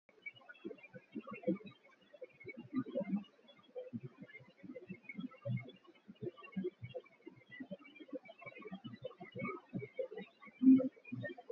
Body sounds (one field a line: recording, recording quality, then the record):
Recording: shallow breathing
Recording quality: excellent, no background noise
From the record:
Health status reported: healthy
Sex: female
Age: 21 years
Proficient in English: yes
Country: India